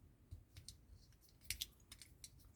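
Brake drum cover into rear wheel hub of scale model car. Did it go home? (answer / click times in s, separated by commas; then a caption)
yes / 1.5 s, 1.6 s. A plastic brake drum cover is inserted into the rear left wheel hub of a 1:8 scale Hachette Ford Gran Torino Starsky & Hutch model car and rotated until it fits in the correct position. Light plastic taps and scrapes lead up to two sharp clicks at 1.5 s and 1.6 s as the cover seats, followed by a few softer ticks. The brake drum cover is seated.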